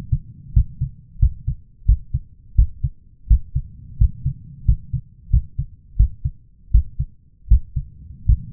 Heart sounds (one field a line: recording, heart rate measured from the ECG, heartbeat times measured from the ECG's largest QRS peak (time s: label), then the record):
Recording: heart sounds by stethoscope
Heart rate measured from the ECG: 85 bpm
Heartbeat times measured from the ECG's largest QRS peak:
0.53 s: heartbeat
1.19 s: heartbeat
1.85 s: heartbeat
2.55 s: heartbeat
3.27 s: heartbeat
3.98 s: heartbeat
4.65 s: heartbeat
5.30 s: heartbeat
5.96 s: heartbeat
6.71 s: heartbeat
7.48 s: heartbeat
8.25 s: heartbeat
From the record:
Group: healthy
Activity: rest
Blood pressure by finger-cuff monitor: 157/111 mmHg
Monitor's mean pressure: 122 mmHg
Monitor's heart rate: 85 bpm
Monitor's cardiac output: 7 L/min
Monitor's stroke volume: 80 mL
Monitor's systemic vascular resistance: 1300 dyn s/cm5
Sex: male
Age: 23 years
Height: 179 cm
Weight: 87 kg